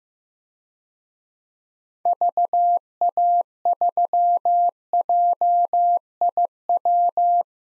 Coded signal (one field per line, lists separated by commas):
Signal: Morse code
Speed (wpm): 15 wpm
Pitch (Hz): 700 Hz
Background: none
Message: VA3JIW